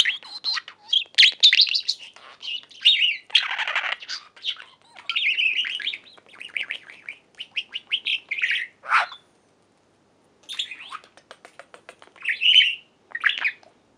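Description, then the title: Budgerigar warble, steady fast chatter of buzzy pulses and squeaks, one brief silence, then more chirps. "Budgie Sounds"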